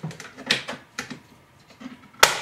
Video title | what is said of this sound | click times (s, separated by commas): #20.1 - Festool OF-2200 Router Review - Part 1 | and snap it home so it's actually captured underneath the base which is really nice | 2.2 s